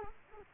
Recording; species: mosquito wingbeat signal from an infrared sensor; Culex quinquefasciatus